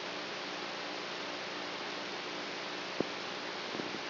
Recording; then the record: brain microelectrode recording played as sound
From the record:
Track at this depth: outside the subthalamic nucleus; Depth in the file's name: 0.089 mm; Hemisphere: right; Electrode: 3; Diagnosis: Parkinson's disease